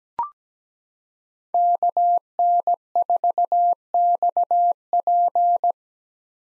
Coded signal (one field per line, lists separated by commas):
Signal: Morse code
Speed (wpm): 17 wpm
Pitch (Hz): 700 Hz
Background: none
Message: KN4XP